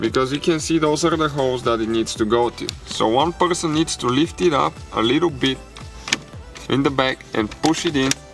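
Someone talks over background music while the plastic center dash air vent assembly of a Mercedes E-Class W211 (E220, E280, E320, E350, E500, E63) is lifted slightly at the back and pushed toward its mounting holes in the dashboard. A brief sharp sound is heard near 6.1 s. Nothing has seated or clicked yet.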